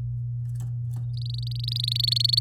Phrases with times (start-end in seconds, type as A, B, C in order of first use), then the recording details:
1.14-2.39 A. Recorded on 6 May 2018 at 06:09. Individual llb16